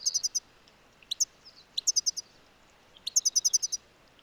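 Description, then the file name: European goldfinch calls: a series of bright, stacked tinkling notes in quick bursts, with a few thin twitters between. "Carduelis carduelis"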